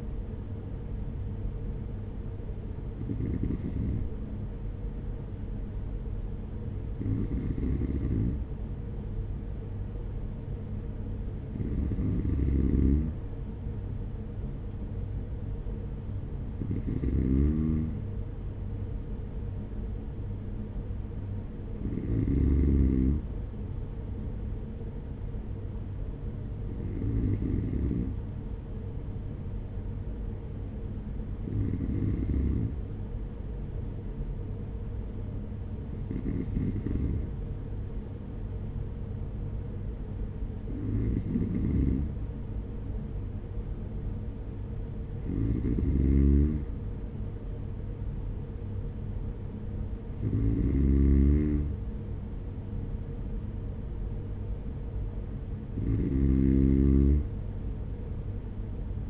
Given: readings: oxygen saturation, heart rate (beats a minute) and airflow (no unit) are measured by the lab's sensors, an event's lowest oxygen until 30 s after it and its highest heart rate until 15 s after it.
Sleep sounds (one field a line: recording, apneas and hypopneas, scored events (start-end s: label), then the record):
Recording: breathing in sleep by a smartphone at the bedside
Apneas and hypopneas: none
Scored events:
20.00-59.10 s: new sleep stage, N3 (deep sleep)
From the record:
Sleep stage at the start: N2 (light sleep)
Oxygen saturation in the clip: 93 to 94%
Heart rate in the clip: 46 to 49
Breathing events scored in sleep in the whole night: 210 in 6.9 hours asleep